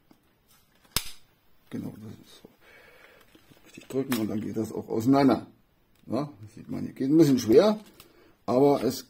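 A plastic attachment is pressed firmly onto the handle of a Luctry electric cleaning brush and locks into place with one sharp click at 0.96 s. Someone then talks while handling the brush, with some faint plastic handling sounds. The attachment is seated.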